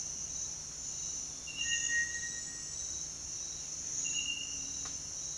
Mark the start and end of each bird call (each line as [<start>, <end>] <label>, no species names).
[1.48, 2.73] bird call